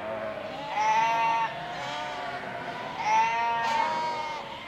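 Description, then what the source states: Sheep bleating, two loud drawn-out quavering bleats about two seconds apart over a softer background of other sheep. Flock in a sheepfold.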